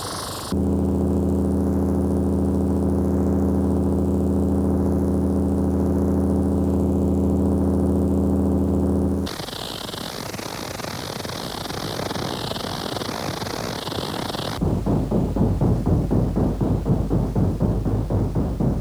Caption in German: Die jetzt folgenden Geräusche sind mit einem Synthesizer, wie ein Phantombild der Polizei, nach den Auskünften der Betroffenen nachgestellt worden. Hören Sie nun Ohrgeräusche.